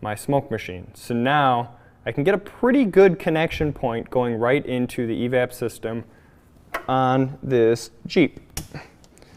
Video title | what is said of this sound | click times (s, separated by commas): P0456 - Small EVAP Leak - Jeep 4.7L - ESIM System Diagnosis | there we go clicks right in there seals up as good as can be expected | 8.6 s